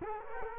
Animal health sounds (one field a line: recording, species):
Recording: mosquito wingbeat signal from an infrared sensor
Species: Culex quinquefasciatus